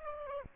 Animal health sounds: mosquito wingbeat signal from an infrared sensor; Aedes aegypti

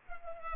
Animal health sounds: mosquito wingbeat signal from an infrared sensor; Culex pipiens

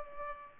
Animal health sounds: mosquito wingbeat signal from an infrared sensor; Culex pipiens

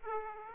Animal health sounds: mosquito wingbeat signal from an infrared sensor; Aedes aegypti

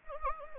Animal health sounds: mosquito wingbeat signal from an infrared sensor; Anopheles gambiae

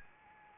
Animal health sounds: mosquito wingbeat signal from an infrared sensor; Anopheles arabiensis

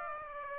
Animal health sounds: mosquito wingbeat signal from an infrared sensor; Aedes aegypti

